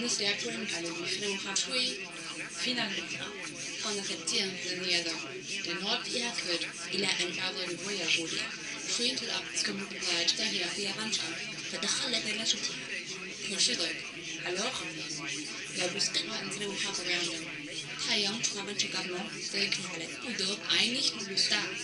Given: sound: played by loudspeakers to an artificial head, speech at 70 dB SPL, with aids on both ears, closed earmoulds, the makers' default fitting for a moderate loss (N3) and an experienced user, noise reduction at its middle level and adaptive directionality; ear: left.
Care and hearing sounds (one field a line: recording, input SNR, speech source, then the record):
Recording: speech test signal (ISTS) in cocktail-party noise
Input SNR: +3 dB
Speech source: on the right (90 degrees)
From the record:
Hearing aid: class 1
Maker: B